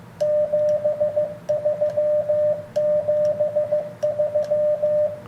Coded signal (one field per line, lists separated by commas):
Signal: Morse code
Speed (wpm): 15 wpm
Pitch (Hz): 600 Hz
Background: radio noise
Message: 73 73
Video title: iCoM 7300 Cw . begali paddle